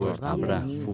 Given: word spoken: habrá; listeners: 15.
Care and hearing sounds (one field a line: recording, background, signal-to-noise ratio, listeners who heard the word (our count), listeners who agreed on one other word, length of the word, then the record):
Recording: one Spanish word in noise, from a listening test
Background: four-talker babble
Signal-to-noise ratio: -0.8 dB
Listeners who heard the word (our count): 0 of 15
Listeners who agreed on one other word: 9 of 15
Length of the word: 0.53 s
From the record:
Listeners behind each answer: 9, 1, 1, 1, 1, 1, 1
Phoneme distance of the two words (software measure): 59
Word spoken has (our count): 2 syllables, 4 phonemes, stress on syllable 2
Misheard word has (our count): 4 syllables, 11 phonemes, stress on syllable 4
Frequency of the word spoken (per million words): 124.22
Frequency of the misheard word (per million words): 0.76